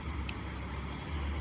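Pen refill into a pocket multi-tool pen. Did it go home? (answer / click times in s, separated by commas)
yes / 0.3 s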